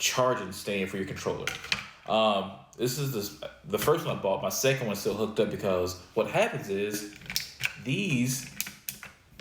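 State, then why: Seated. A game controller is pushed down onto the connector of a PlayStation DualSense charging dock while someone talks. A sharp click at 8.9 s marks the controller seating on the dock's contacts.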